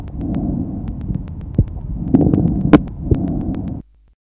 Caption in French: Le souffle tubaire. Il. Ressemble au bruit trachéobronchique, mais il est entendu en périphérie du poumon. Notez sur cet enregistrement la présence de crépitants inspiratoires.